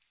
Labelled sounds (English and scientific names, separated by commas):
Northern Waterthrush (Parkesia noveboracensis) flight call